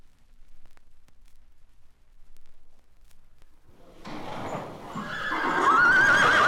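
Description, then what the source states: Horse neighing: near silence with faint knocks for four seconds, then a loud, shaky whinny rising and wavering to the end. Horses neighing in stalls.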